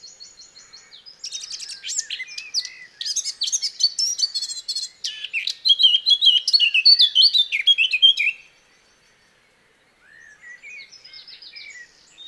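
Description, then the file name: Eurasian blackcap with a quiet chattering start, then a loud, fast, jumbled warble for several seconds, a brief silence, and a softer closing phrase. "Sylvia atricapilla"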